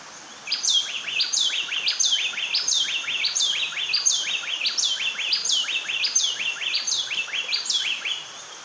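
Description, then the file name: Bay wren song: a rapid phrase of ringing whistled notes dropping in steps, repeated many times in a fast series. "Bay Wren Cantorchilus nigricapillus"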